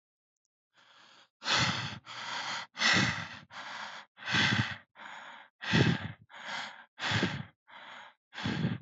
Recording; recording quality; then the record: shallow breathing; excellent, no background noise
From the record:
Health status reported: healthy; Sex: male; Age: 21 years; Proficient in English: yes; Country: India